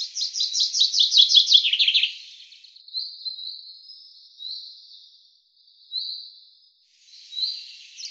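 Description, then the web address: Common chaffinch song: a fast trill that drops in pitch into a closing flourish, then scattered thin call notes. "Deverinetal 2025 File cleaned normalized Bird Fr Co"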